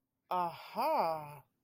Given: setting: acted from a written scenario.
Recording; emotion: vocal sound without words; interest